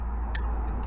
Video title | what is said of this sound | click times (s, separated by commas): Beta Alp winter upgrades - Part 1 | Just feed that down until it clicks into place. | 0.4 s